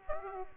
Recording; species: mosquito wingbeat signal from an infrared sensor; Aedes aegypti